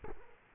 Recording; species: mosquito wingbeat signal from an infrared sensor; Culex quinquefasciatus